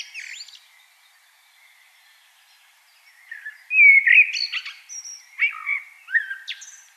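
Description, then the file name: Common blackbird singing warbled, fluty phrases broken by sharp high squeaks and twittering notes, after a soft opening phrase and a pause. "Turdus merula"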